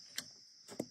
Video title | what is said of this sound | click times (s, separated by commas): Introducing the Garmin Alpha 300 Handheld & TT25 / T20 Collars - LIVE | snaps right in | 0.2 s